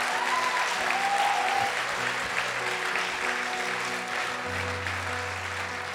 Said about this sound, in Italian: Padre, io ti ringrazio per tutte queste mani alzate. Amen. Facciamolo più forte questo applauso.